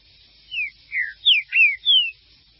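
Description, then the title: Green-winged saltator song: five loud, clear whistled notes, each a short downward slur, delivered in quick succession over about two seconds against a quiet background. "Trinca Ferro"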